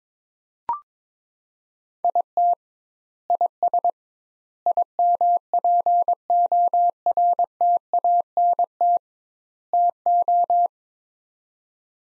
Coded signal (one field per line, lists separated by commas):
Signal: Morse code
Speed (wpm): 21 wpm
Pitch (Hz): 700 Hz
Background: none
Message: IT IS IMPORTANT TO